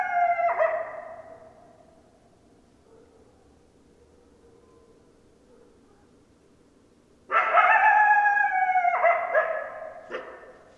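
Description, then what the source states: Coyote calls: a fading harmonic note, a long silence, then a loud drawn-out call broken into stepped segments near the end. Coyotes, 10 December 2012.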